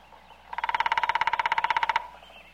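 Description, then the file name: Woodpecker drumming: a single rapid roll of evenly spaced, ringing taps lasting roughly one and a half seconds. "Dyatel dolbit"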